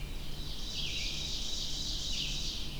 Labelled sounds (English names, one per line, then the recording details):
Ovenbird song
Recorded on 23 June 2016 at 05:25
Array SBT-6-76